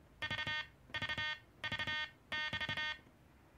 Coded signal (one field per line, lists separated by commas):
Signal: Morse code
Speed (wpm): 27 wpm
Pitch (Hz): 1850 Hz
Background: none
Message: V V V <BT>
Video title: SidesWiper (Cootie) morse code key KDM 2 made in USSR.